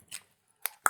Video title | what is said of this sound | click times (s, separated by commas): Anderson Pens Podcast 372 | i like how it how it it catches it catches before it clicks into place but here's the best part | 0.7 s, 0.9 s